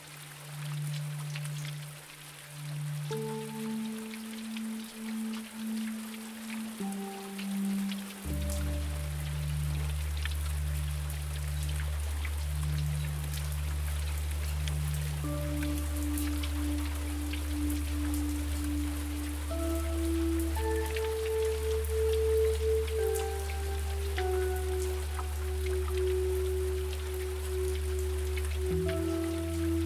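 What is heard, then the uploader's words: Rain falls steadily throughout, a dense fine patter with occasional sharper drops. Over it, soft sustained low tones shift slowly, a few long notes changing every few seconds, with a deep hum entering around eight seconds and holding to the end. Rain Falling and a Few Gentle Notes.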